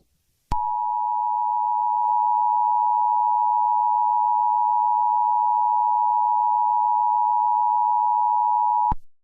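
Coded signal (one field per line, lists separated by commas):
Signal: Emergency Alert System (SAME) tones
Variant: 853 and 960 Hz attention tone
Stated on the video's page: Simulated emergency alerts edited into horror game footage, including child abduction, civil danger, law enforcement warning and emergency action notification.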